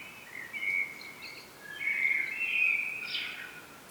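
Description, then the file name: Common blackbird singing a short run of fluty warbled notes that swell into a louder continuous phrase, ending with a brief higher flourish. "Turdus merula"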